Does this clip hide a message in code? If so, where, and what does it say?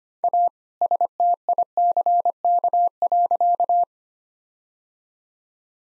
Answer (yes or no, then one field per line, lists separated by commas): yes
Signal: Morse code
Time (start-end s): 0.2-3.8 s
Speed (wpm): 25 wpm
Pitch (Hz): 700 Hz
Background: none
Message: A STICK.